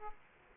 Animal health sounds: mosquito wingbeat signal from an infrared sensor; Aedes aegypti

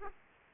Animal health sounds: mosquito wingbeat signal from an infrared sensor; Aedes aegypti

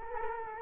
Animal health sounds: mosquito wingbeat signal from an infrared sensor; Culex quinquefasciatus

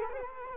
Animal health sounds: mosquito wingbeat signal from an infrared sensor; Culex quinquefasciatus

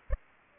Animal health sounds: mosquito wingbeat signal from an infrared sensor; Aedes aegypti

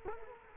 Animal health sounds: mosquito wingbeat signal from an infrared sensor; Culex quinquefasciatus

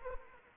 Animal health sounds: mosquito wingbeat signal from an infrared sensor; Anopheles arabiensis

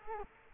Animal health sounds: mosquito wingbeat signal from an infrared sensor; Culex quinquefasciatus

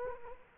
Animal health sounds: mosquito wingbeat signal from an infrared sensor; Culex quinquefasciatus

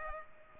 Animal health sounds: mosquito wingbeat signal from an infrared sensor; Culex pipiens

